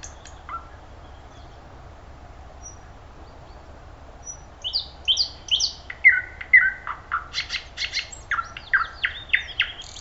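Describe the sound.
Thrush nightingale song: after a quiet start, loud varied phrases of falling whistles, then rapid dry clicking bursts and rattling notes in a powerful sequence.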